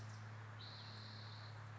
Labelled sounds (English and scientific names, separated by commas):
Spotted Towhee (Pipilo maculatus)